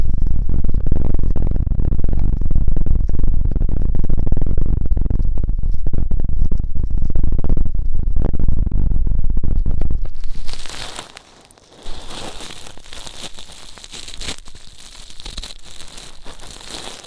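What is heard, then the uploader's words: Ear cleaning sounds: for the first ten seconds a loud, dense, low rustling and crinkling with rapid crackles. Around eleven seconds it briefly drops to near silence, then returns as a quieter, brighter, hissing scratch with fine crackles that continues to the end. ASMR Intense Electrifying Ear Cleaning.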